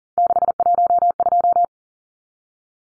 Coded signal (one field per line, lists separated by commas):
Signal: Morse code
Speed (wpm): 40 wpm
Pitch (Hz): 700 Hz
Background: none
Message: 612